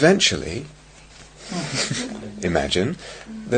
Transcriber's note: laughter